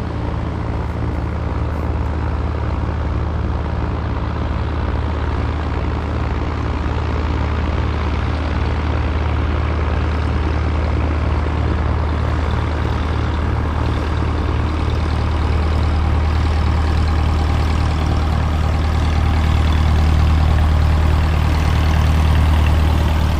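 Light aircraft engine running steadily at an airfield, a deep pulsing drone with a constant low hum, growing slightly louder toward the end.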